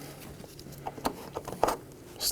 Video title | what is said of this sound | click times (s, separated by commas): How to Replace Radiator 2018-2024 Chevrolet Equinox 1.5L L4 | it over in place. Make sure you hear that click. | 1.6 s